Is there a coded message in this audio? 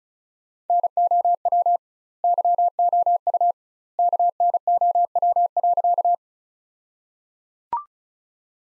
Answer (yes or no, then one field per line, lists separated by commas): yes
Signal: Morse code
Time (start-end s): 0.7-6.1 s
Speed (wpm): 36 wpm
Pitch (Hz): 700 Hz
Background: none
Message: NOW YOU KNOW.